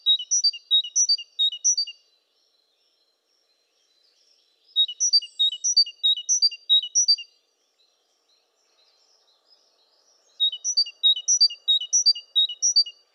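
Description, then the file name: Great tit calls in three bursts of rapid, high chirps, each lasting about two seconds, separated by quiet gaps. "Parus major"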